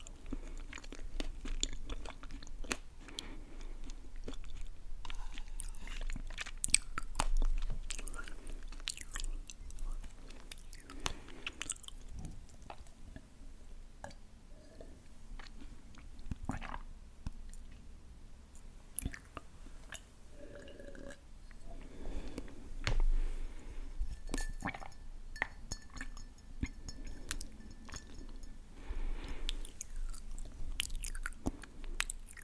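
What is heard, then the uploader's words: Steady eating and mouth sounds: frequent crunchy bites and wet chewing clicks over a low hum, with sharper snaps scattered throughout. Eating Sounds & Mouthsounds.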